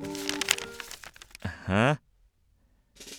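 Crisp, uneven rustling and crinkling of a thick stack of paper, a gift of a month's worth of taxi reservations, being handled, mixed with a brief voice, followed by a drawn-out vocal groan and then a short pause.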